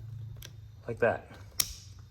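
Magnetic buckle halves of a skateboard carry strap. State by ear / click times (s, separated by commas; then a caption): released / 1.6 s. Someone talks as the locked magnetic buckle of a Backfire electric skateboard carry strap is separated by sliding its two halves sideways, the only way it comes apart. A short, sharp click at 1.6 s marks the halves releasing.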